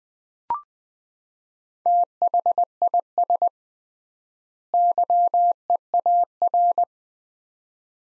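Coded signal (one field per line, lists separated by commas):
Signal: Morse code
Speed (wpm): 20 wpm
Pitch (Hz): 700 Hz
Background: none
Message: THIS YEAR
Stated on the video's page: Morse practice drill of two-word sets at 20 wpm with 3x word spacing, similar to Farnsworth method, each set followed by spoken words.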